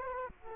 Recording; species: mosquito wingbeat signal from an infrared sensor; Culex quinquefasciatus